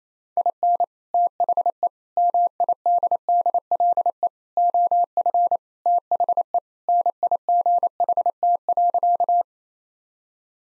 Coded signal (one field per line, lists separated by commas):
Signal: Morse code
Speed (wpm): 27 wpm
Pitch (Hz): 700 Hz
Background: none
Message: IN THE MIDDLE OF THE NIGHT.